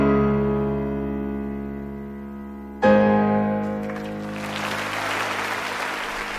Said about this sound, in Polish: Oklaskujemy uczestników 18. konkursu chopinowskiego